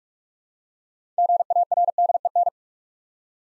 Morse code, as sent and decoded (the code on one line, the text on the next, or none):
--. .- .-. -.. . -.
GARDEN